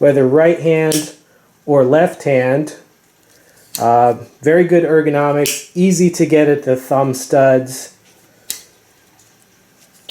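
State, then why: Seated. Someone talks, then the blade of a Fantoni Hide lockback folding knife with a Micarta handle, opened with its thumb studs, locks open with one sharp click at 8.5 s as the lock bar snaps into the blade tang. The blade is seated with no blade play front to back or side to side.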